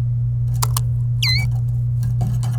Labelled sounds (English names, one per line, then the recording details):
Domestic Canary song
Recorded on 27 April 2018 at 15:00
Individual llb3